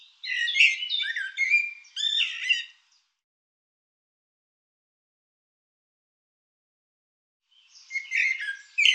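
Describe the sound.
Bird calls, a burst of squeaky chattering notes for nearly three seconds, then silence, then another chattering burst near the end.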